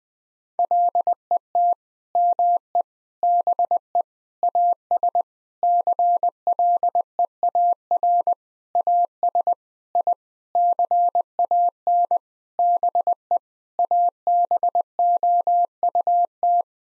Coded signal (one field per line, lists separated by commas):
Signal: Morse code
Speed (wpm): 20 wpm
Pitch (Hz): 700 Hz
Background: none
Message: LET ME BE AS CLEAR AS I CAN BE ABOUT